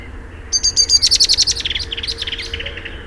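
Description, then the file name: Common blackbird, a rapid run of high, sharp chipping notes, loudest early on and then gradually fading. "Turdus merula"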